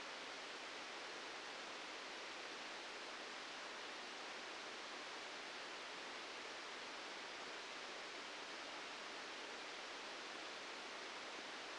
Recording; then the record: brain microelectrode recording played as sound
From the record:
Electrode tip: outside the subthalamic nucleus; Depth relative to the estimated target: 1 mm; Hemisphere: left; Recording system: NeuroSet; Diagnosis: Parkinson's disease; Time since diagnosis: 13 years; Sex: male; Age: 65 years